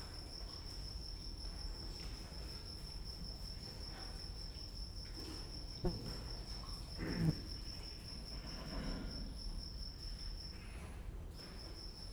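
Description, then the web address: Cricket singing a thin, unbroken high-pitched trill that pauses near the end, with soft rustling and a couple of knocks behind. Recorded at Győr Zoo in 2014. "allathangok gyorizoo 2014 gallerospavian dongaracs tucsok"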